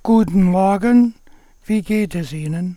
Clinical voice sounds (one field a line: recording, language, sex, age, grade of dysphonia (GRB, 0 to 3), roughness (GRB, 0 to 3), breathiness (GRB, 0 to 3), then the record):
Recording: spoken sentence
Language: German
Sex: male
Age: 60 to 69 years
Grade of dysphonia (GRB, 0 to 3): 3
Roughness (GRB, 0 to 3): 2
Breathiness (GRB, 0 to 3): 3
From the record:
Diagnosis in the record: cordectomy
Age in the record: 67 years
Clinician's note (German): Zustand danach, links, schönes Narbenstimmband mit phonatorischem Stillstand